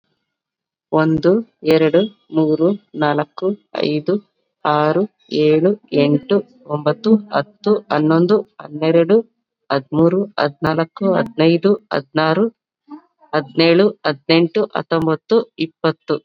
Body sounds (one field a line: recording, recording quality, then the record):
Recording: counting at a normal pace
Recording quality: excellent, no background noise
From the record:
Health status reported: COVID-19 positive, mild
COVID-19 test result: positive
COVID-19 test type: RT-PCR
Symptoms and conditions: cough, fever, fatigue, muscle pain, diabetes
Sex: female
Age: 36 years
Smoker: no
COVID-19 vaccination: both doses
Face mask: worn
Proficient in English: yes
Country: India